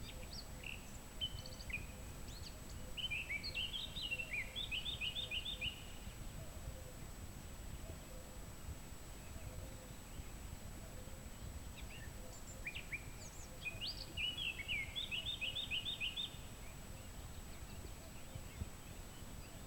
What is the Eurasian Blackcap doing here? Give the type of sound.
song